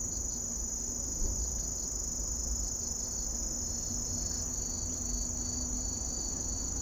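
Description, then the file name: Grass lark cricket song: an even, sustained high trill with a softer lower trill running alongside, over a faint low hum. "kusahibari"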